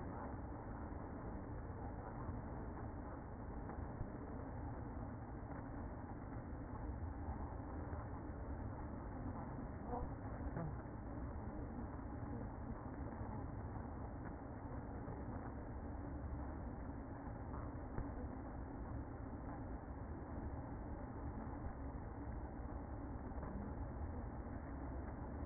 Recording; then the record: honeybee colony, microphone inside the hive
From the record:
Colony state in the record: queen present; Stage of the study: after two queens were removed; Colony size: about 60,000 bees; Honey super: yes